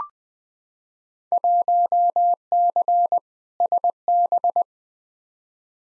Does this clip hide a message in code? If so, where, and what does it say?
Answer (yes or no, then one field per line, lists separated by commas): yes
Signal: Morse code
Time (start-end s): 1.3-4.6 s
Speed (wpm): 20 wpm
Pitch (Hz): 700 Hz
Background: none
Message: 1C SB